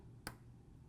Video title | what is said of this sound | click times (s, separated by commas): Official iPhone 6 Plus Display Assembly Replacement Guide - iCracked.com | drop it and you'll hear an audible click | 0.3 s